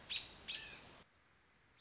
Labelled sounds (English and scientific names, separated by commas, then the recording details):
American Robin (Turdus migratorius)
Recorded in Sonoma County, California